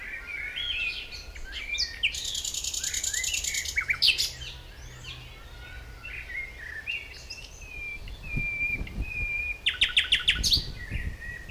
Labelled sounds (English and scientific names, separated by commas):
Common Nightingale (Luscinia megarhynchos) song